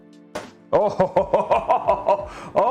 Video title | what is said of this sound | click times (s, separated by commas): How To Build a PC – Giveaways + $6500 Build in the Lian Li o11 (Ryzen 9 5950x / RTX 3090 STRIX) | did you hear that did you hear that that was a good click that was a good | 0.4 s